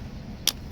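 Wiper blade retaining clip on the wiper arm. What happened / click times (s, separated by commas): The wiper blade clip snapped open / 0.5 s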